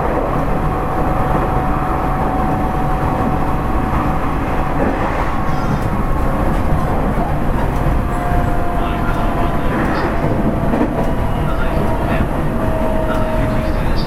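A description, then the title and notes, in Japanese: A Nishitetsu 3000 series train runs steadily, a dense low rumble of wheels and motor holding even throughout. Thin whining tones drift across the middle, shifting slightly in pitch, and faint clicks and brief brighter sounds surface around the middle and later seconds. 西鉄3000系 急行 久留米から二日市まで。西日本鉄道 3000系電車の走行音です。大牟田線の急行列車で録音しました。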